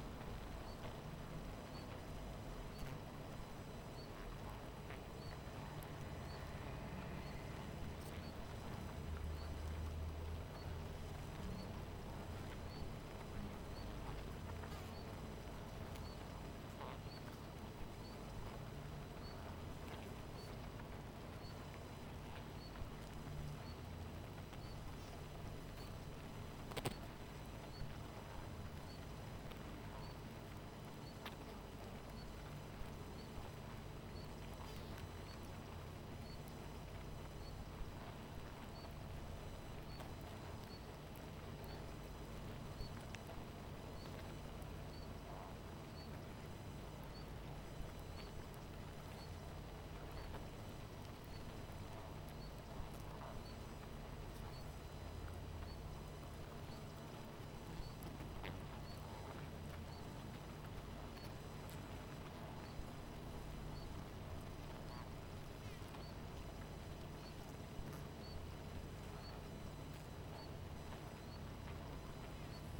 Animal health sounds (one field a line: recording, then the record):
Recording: honeybee colony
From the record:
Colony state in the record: missing queen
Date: 14 July 2017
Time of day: 18:46